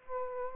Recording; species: mosquito wingbeat signal from an infrared sensor; Aedes aegypti